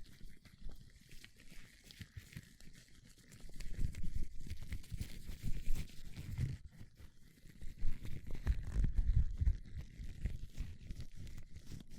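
Gloves being handled, with soft rubbing, crinkling and brushing that sit mostly low and muffled. The movement is quieter for the first few seconds, then grows busier and denser from about four seconds on, with stronger scuffs near six and nine seconds.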